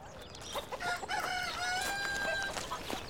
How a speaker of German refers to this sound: Da drüben wohnt ein ganzer Hühnerhaufen. Unsere Haushühner haben übrigens gerade kleine Küken.